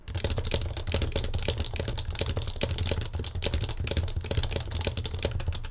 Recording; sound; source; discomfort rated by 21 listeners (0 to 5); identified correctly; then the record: sound for misophonia research; typing; not oral or nasal; mean 1.24, standard deviation 1.29; in 42 of 42 trials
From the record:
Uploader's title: Keyboard Typing 1 (HHKB, Topre); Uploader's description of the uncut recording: Typing on an unmodded Happy Hacking Keyboard (HHKB) Professional Hybrid with topre switches (45g key weight). Recorded with a Yeti Nano while typing 50-word segments at a time on typings.gg. No post-production. Longer typing session here.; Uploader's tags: 45g, topre, keyboard, typing, key, switch, mechanical, happy-hacking-keyboard, hhkb, weight